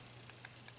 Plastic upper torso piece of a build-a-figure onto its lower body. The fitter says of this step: And that just clicks into place.